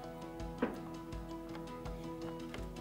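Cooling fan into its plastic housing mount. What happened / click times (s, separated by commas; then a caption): The fan is being handled but has not yet clicked into its mount / none. A small cooling fan is being handled and pressed toward its plastic housing mount in a habitat housing, with steady music playing throughout. Two brief taps are heard at about 0.6 and 2.5 seconds. The fan has not seated or clicked into place yet.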